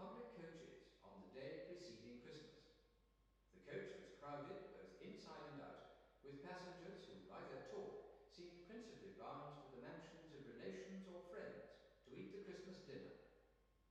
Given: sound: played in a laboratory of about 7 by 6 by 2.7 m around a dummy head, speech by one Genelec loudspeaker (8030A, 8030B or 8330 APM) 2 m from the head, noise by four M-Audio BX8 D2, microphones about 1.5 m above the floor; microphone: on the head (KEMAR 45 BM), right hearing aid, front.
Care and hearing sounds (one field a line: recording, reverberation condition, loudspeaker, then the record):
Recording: male speech in English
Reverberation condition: high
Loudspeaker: 120 degrees to the left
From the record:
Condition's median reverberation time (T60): about 1300 ms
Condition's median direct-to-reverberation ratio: about -4.0 dB